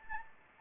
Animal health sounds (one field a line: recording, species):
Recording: mosquito wingbeat signal from an infrared sensor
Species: Anopheles gambiae